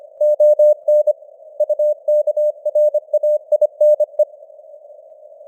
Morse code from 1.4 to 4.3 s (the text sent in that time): UKRAINE